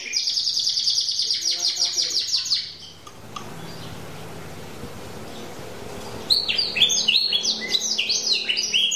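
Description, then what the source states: Canary singing a rapid high rolling trill for about three seconds, then a quiet pause with faint background hiss, before a burst of sharp sweeping notes resumes. Champion singing canary.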